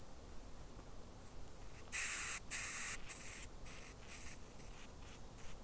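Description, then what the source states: Rock wren chicks begging with rapid high, thin squeaks, joined by several harsh hissing bursts. Chicks begging; New Zealand.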